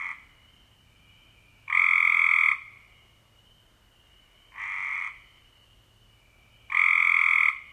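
Cope's gray treefrog giving harsh, buzzy trills under a second long, repeated every two to three seconds, alternating louder and softer, with a faint steady high tone behind.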